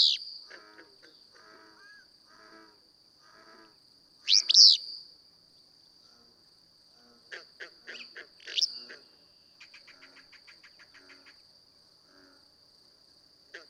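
Willow flycatcher song: two loud, buzzy, burry bursts roughly four seconds apart, with quieter bird chatter and a constant high-pitched insect drone.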